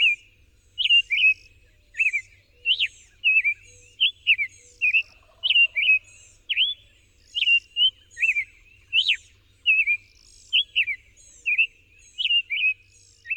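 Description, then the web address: Summer tanager singing a long continuous run of burry, slurred whistled phrases, some sharply rising, repeated steadily with short gaps. "Songs of Birds of North America Know Your Bird Sounds Common Western Species. Summer Tanager"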